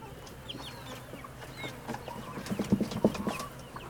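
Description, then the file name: Chickens clucking, a rapid run of short low clucks building after two and a half seconds, with faint high chick peeps earlier and a low background hum. Hens and chicks clamouring together in a henhouse near a road. "Galinheiro perto de estrada galinhas pintinhos vozerio"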